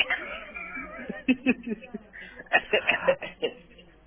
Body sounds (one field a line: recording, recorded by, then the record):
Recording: voluntary cough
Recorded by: telephone call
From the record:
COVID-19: negative